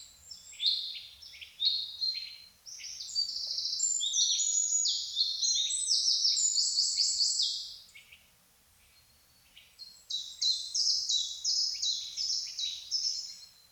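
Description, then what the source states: Birds in song, dense high twittering and trilled phrases that overlap for several seconds, fall silent briefly, then resume as rapid chirping. Birds singing in a forest in the morning.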